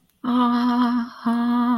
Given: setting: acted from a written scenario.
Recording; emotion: vocal sound without words; ecstasy